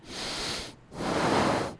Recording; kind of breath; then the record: one breath in and out by a microphone near the nose and mouth; deep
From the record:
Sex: male